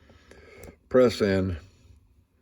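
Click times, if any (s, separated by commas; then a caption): none. A terminal extractor tool is pressed into the latch area of a small JST-SM plastic connector housing while someone talks, with faint handling ticks around 0.3 and 0.6 seconds. The tool has not yet snapped into the connector, and nothing has seated or clicked yet.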